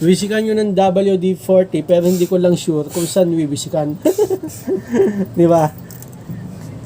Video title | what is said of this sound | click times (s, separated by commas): EVO HELMET HINDI DAW MAGANDA AT HINDI SAFE GAMITIN HONDA CLICK 125 VERSION 3 THE ULTIMATEGAMECHANGER | mas maigi mga ka-alas ah p hindi nag-lock ganyan oh | none